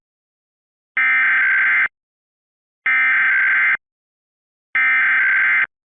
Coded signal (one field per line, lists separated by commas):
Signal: Emergency Alert System (SAME) tones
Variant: header bursts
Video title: CHAOS IN THE MID ATLANTIC... EAS Alerts from 2/21/23 [EAS #195-207]